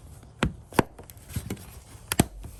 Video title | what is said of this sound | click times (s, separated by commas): DIY 2010 2011 2012 2013 2014 Volkswagen GTI License Plate Bulb Replacement with LED Lights | Push it in until you hear click. | 0.4 s, 2.1 s